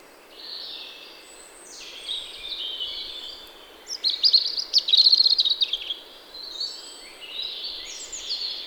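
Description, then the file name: European robin song: thin, high, wavering phrases of varied pitch, building to a louder rapid trill near the middle, then more sweet, sliding notes, over a steady background hiss. "Erithacus rubecula"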